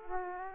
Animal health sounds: mosquito wingbeat signal from an infrared sensor; Aedes aegypti

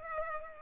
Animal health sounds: mosquito wingbeat signal from an infrared sensor; Culex pipiens

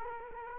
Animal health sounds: mosquito wingbeat signal from an infrared sensor; Culex quinquefasciatus

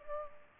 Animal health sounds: mosquito wingbeat signal from an infrared sensor; Culex pipiens

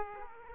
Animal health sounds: mosquito wingbeat signal from an infrared sensor; Aedes aegypti

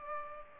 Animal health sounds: mosquito wingbeat signal from an infrared sensor; Culex pipiens

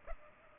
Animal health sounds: mosquito wingbeat signal from an infrared sensor; Culex pipiens

